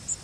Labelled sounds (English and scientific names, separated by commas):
Yellow Warbler (Setophaga petechia) flight call